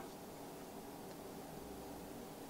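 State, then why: Not seated. The blade of a lock-back folding pocket knife is being opened by hand, with the internal lock-back bar lifting as the steel blade swings out. Only a steady, even hiss of broadband background noise is heard, with no distinct hits. The lock-back bar has not yet snapped down, and nothing has seated or clicked yet.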